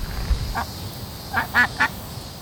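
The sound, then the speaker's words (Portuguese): A duck in a garden quacks four times: one short nasal quack, then a quick run of three louder, raspier quacks over a low background rumble. “Qual o seu nome, Pato?”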